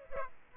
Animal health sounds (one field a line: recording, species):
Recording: mosquito wingbeat signal from an infrared sensor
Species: Aedes aegypti